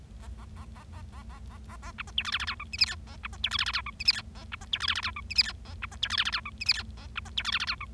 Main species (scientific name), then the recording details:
Lonchura striata domestica. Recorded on 25 March 2012 at 15:27. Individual gy6or6